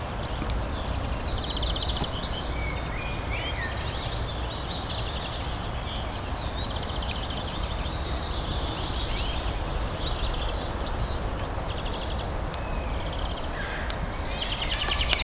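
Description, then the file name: European serin singing long, fast, glassy-jingling twittering phrases, very high and tinkling, repeated after brief gaps, with constant low-frequency background hum. Recorded at Ystad, Sweden, in 2012. "Gulhämpling - Serinus serinus Ystad-Sweden-2012"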